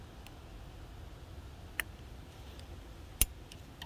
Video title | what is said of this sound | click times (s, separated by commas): Aaron's ke100 clutch part 1 | Okay, and I heard the snap, and now it's locked in. | 3.2 s